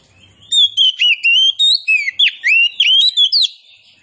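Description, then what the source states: Oriental magpie-robin singing a rapid run of clear, sweeping whistles, about a dozen bright notes in three seconds, rising and dipping in pitch. Indonesian kacer poci, described as gacor, meaning singing vigorously and continuously.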